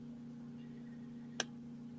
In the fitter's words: it clicks in place by